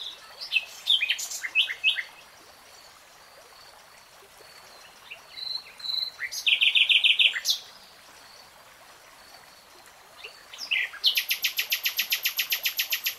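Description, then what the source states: Nightingale song: varied chirps and whistles, a fast rattling trill, then a long rapid series of repeated clicking notes. Nightingale singing, in a 3-hour real-time recording.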